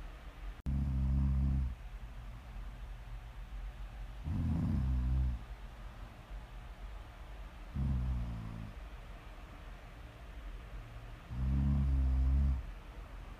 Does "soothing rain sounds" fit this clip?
no